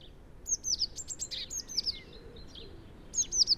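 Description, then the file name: Eurasian blue tit uttering quick, high chirps and a short trill, with faint scattered notes and soft background noise. "Cyanistes caeruleus"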